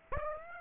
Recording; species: mosquito wingbeat signal from an infrared sensor; Aedes aegypti